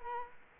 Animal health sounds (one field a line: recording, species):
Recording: mosquito wingbeat signal from an infrared sensor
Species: Culex quinquefasciatus